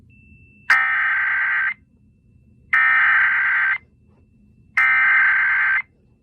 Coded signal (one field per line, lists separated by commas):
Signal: Emergency Alert System (SAME) tones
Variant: header bursts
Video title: EAS SCENARIO #1 - Acid Weather